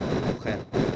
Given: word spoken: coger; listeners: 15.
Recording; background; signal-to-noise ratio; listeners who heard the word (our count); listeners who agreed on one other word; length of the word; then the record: one Spanish word in noise, from a listening test; noise modulated by three-talker babble; -6.3 dB; 0 of 15; 15 of 15; 0.56 s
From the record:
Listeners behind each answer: 15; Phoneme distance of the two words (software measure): 20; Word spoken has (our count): 2 syllables, 5 phonemes, stress on syllable 2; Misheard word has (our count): 2 syllables, 5 phonemes, stress on syllable 2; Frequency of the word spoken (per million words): 13.98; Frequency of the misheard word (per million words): 405.98